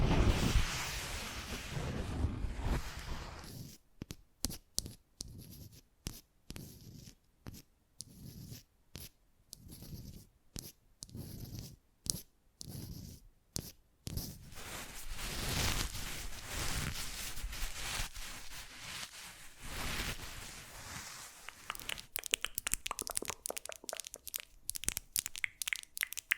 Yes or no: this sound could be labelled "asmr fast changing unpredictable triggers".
yes